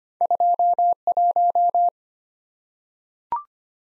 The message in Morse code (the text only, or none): 21